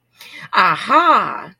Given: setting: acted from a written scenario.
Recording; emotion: vocal sound without words; realization